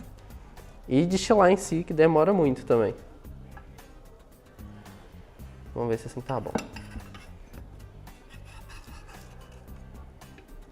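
During assembly of a simple distillation setup, a ground glass joint of the distillation glassware is pushed toward its mating joint while someone talks. Quiet handling and rubbing are heard, with a few short sharp knocks. The piece has not seated or clicked into place yet.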